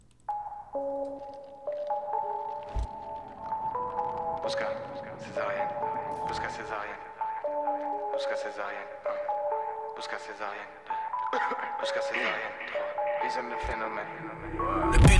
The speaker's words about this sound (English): Je trouve délicieux un petit peu ce rappeur. Bon, on va l'écouter et puis ce sera ton tour de répondre au débat.